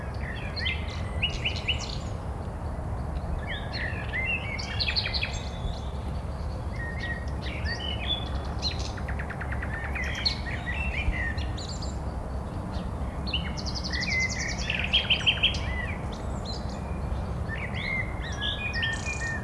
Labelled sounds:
Common Nightingale song
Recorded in the wild
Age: adult
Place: Malchower Aue, Berlin, DE
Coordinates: 52.5808, 13.4886
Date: 1990-04-20 20:35
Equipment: Riporter 6 RG-K, Halbspur, Sennheiser MKH 416 T
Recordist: Frommolt, Karl-Heinz

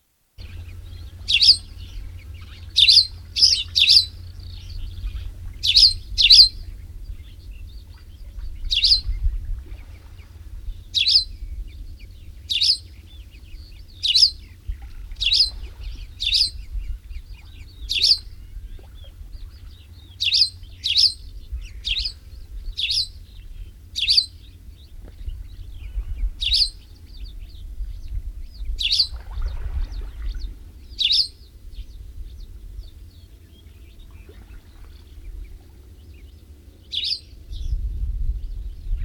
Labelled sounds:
Spanish Sparrow call
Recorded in the wild
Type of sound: call
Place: Kavarna, Varna, BG
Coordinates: 42.825, 28.181
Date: 1974-06-06
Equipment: Nagra III BH, Sennheiser MD 21, parabola
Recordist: Schubert, Michael
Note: Weidensperling

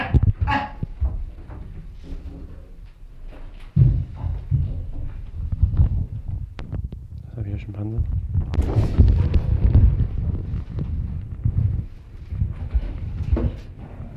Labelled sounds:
Chimpanzee
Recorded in captivity
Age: adult
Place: Zoo Leipzig, Sachsen, DE
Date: 1965-03-26 17:45
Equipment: Magnetophon 300, Transistorverstärker, Sennheiser MD 421
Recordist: Tembrock, Günter

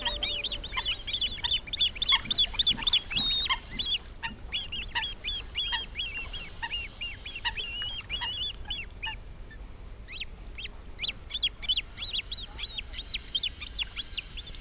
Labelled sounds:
Great Crested Grebe call
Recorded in the wild
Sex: diverse
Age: diverse
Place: Marmorpalais am Heiligen See, Brandenburg, DE
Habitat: See
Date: 1997-09-03 12:23
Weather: 19°C, bedeckt
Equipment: Sony MD-WM MZ-R3, Sennheiser ME 80, K 30 AV, Kopie Uher 4000 Report Monitor
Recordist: Tembrock, Günter

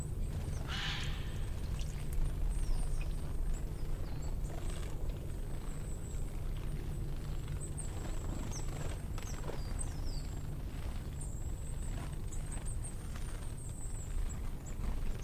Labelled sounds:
Eurasian Jay call
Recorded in the wild
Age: subadult
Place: Goriner Forst, Barnim, Brandenburg, DE
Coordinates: 52.7019, 13.4931
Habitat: coniferous forest
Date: 2012-10-20 16:02
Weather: 20°C, sunny, almost windless
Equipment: Sound Devices 702, Sennheiser MKH 70, Rycote Windschutz
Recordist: Frommolt, Karl-Heinz

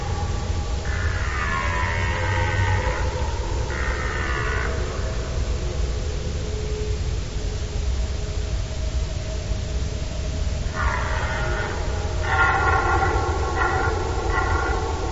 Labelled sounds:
Red Deer
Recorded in the wild
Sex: male
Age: adult
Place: Groß Schönebeck, Schorfheide, Brandenburg, DE
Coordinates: 52.9342, 13.5325
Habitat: coniferous forest
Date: 1996-09-23 20:55
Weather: ca. 10°C, light winds
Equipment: Sony TCD-D3, Sennheiser MKH 70, Windkorb
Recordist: Frommolt, Karl-Heinz
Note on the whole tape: ca. 1 km nördlich Groß-Schönebeck (Kiefernwald mit Lichtungen): Hirschbrunft, Rufe von drei verschiedenen Männchen und Geräusche beim Kampf (Geweihschlagen), Tiere nicht gesehen. Entfernung ca. 300-400 m. Aufnahme mit einer Unterbrechung

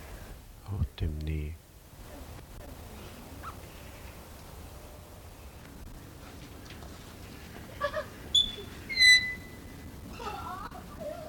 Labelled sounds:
Grey Parrot call
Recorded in captivity
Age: adult
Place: Tierpark Berlin, Berlin, DE
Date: 1993-12-18 10:22
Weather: bedeckt, 2 °C
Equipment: Marantz CP 430, Sennheiser MKH 416 T, Kopie Uher Variocord 263
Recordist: Tembrock, Günter

